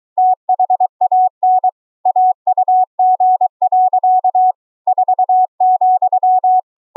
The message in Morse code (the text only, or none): THAN AUG. 4,